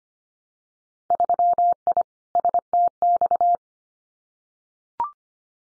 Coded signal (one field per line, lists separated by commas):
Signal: Morse code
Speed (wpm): 25 wpm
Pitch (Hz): 700 Hz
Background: none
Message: 3I STX